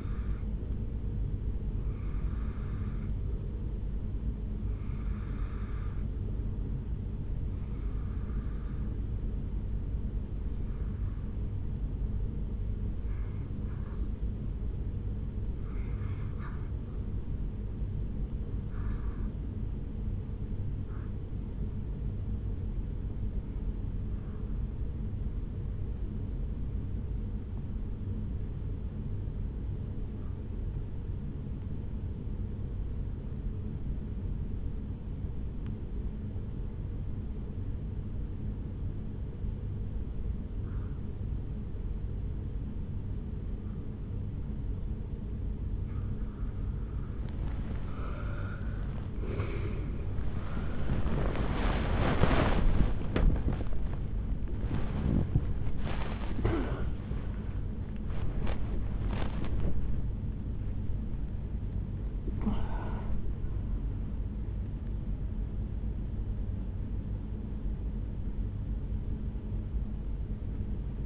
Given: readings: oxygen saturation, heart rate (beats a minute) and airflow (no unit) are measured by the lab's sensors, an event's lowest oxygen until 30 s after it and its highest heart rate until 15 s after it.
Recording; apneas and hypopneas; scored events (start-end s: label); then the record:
breathing in sleep by a smartphone at the bedside; 1
15.00-45.00 s: new sleep stage, REM sleep
19.00-47.70 s: hypopnea (REM, oxygen 91% highest, then 82% lowest, heart rate 71 at the start, 88 highest)
45.00-71.06 s: new sleep stage, awake
48.00-71.06 s: awake
From the record:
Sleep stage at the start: N1 (lightest sleep); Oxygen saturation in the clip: 82 to 92%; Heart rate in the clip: 65 to 92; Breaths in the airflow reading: 16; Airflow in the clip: -12.0 to 9.6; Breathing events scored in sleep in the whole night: 449 in 7.0 hours asleep